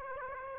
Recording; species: mosquito wingbeat signal from an infrared sensor; Aedes aegypti